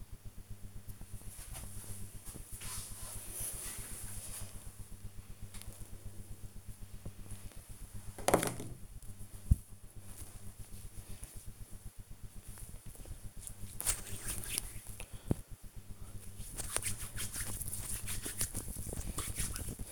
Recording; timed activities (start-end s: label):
household activities, microphone on the right wrist
5.41-19.92 s: cream hands